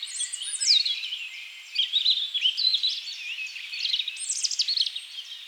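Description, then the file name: European robin song: thin, high, sweet warbled phrases with rapid trills and sliding whistles, varying in pitch and pausing briefly midway. "Erithacus rubecula"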